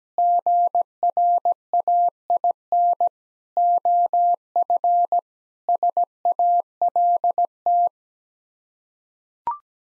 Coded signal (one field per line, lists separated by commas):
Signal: Morse code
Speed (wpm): 17 wpm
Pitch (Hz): 700 Hz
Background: none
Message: GRAIN OF SALT